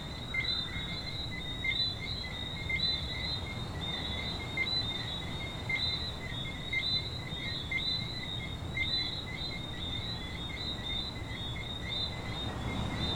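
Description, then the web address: Coqui frogs calling, many short whistled notes at two pitches, over a broad low hiss and rumble. Frogs at a beach in Venezuela. "venezuela frogs Coqui playa"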